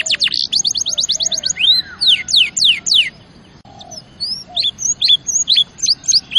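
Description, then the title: Canary song opening with a fast trill, then loud sweeping whistles, a brief pause, and a run of quick chirps. Champion canary song used as a master recording for training other birds. "Masteran Kenari Juara"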